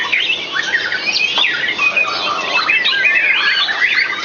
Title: murai batu